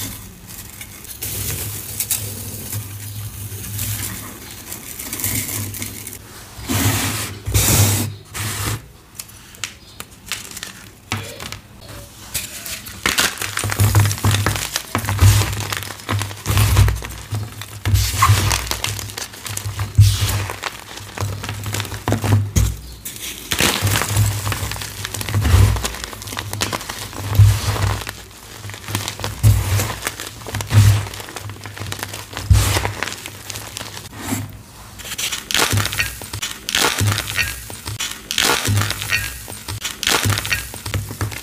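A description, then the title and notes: Chalk bombs of holi powder and glitter are crushed in rapid, dense bursts of crinkling and cracking, over a steady low hum throughout. Holi & Glitter Chalk Bombs. Satisfying holi powder and glitter gym chalk bombs crush.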